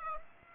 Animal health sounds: mosquito wingbeat signal from an infrared sensor; Aedes aegypti

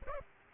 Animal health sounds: mosquito wingbeat signal from an infrared sensor; Aedes aegypti

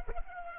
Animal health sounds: mosquito wingbeat signal from an infrared sensor; Culex pipiens

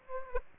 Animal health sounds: mosquito wingbeat signal from an infrared sensor; Aedes aegypti

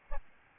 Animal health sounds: mosquito wingbeat signal from an infrared sensor; Aedes albopictus

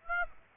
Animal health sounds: mosquito wingbeat signal from an infrared sensor; Aedes aegypti

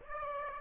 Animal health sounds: mosquito wingbeat signal from an infrared sensor; Aedes aegypti

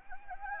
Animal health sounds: mosquito wingbeat signal from an infrared sensor; Anopheles gambiae

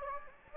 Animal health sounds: mosquito wingbeat signal from an infrared sensor; Anopheles gambiae

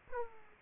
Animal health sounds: mosquito wingbeat signal from an infrared sensor; Aedes aegypti

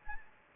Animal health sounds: mosquito wingbeat signal from an infrared sensor; Anopheles gambiae

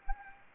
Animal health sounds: mosquito wingbeat signal from an infrared sensor; Anopheles gambiae

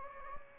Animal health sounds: mosquito wingbeat signal from an infrared sensor; Anopheles gambiae

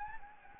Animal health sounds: mosquito wingbeat signal from an infrared sensor; Anopheles gambiae

